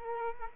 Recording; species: mosquito wingbeat signal from an infrared sensor; Culex quinquefasciatus